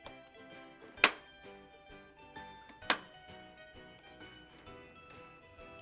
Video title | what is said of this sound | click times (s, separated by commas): Fisher Price Sit Me Up Floor Seat Assembly - How To Put Together Fisher Price Sit Me Up Floor Seat | シートリングがフレームにカチッとはまり | 1.0 s, 2.9 s